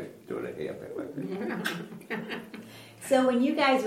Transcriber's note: laughter